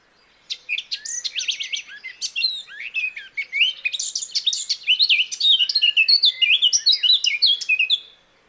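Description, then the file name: Eurasian blackcap delivering one long, continuous warble of quick, varied chirps and clear slurred whistles, loud throughout and ending abruptly. "Sylvia atricapilla"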